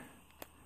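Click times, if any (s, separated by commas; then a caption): 0.4 s. The top section of a Blake Pro Gear Carbon 100 carbon trekking pole is given a quarter turn at the spring shock lock collar on the shaft, to switch the spring shock between cushioned and not cushioned. A single short, sharp click at 0.4 s rises over a steady low background hum as the detent seats into position.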